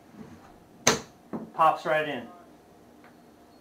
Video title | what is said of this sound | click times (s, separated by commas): Schwinn Daytripper Bicycle Cargo Trailer [unboxing] | snap in connection thing so you just go like this line it up pops | 0.9 s